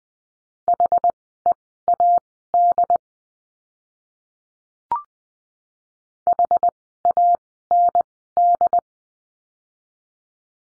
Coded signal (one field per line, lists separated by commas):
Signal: Morse code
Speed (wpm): 19 wpm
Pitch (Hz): 700 Hz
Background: none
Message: HEAD HAND